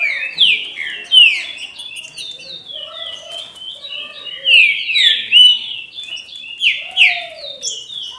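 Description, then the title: Green-winged saltator song: a stream of loud, slurred whistled notes sweeping downward, with brief pauses. "Trinca Ferro"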